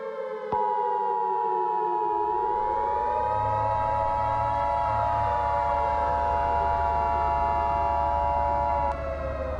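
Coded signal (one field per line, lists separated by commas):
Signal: Emergency Alert System (SAME) tones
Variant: 853 and 960 Hz attention tone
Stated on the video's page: Fictional EAS scenario about a subterranean beast.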